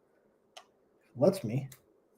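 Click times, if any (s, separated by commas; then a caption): none. A plastic toy part is handled against a DX Orca Booster 5050 toy vehicle, with a faint plastic tick at 0.6 s and a brief tick at the very end, at 2.2 s. Someone talks in the middle of the clip. The part has not seated or clicked into place yet.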